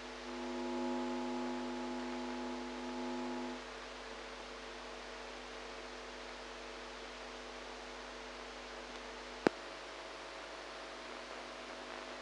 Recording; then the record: brain microelectrode recording played as sound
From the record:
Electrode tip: inside the subthalamic nucleus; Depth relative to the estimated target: -1 mm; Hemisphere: right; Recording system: NeuroSet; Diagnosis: Parkinson's disease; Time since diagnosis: 8 years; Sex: female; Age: 45 years